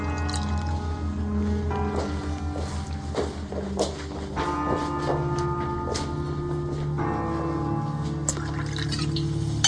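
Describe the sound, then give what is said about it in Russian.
Champagne pours into a glass in a restaurant in a steady gurgling stream, with small crackling fizz and drips over a continuous low tonal hum that runs throughout. “Я тут распорядился шампанского.”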